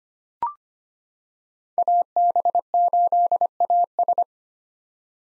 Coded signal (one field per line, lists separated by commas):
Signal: Morse code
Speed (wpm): 25 wpm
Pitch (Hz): 700 Hz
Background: none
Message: AB8AS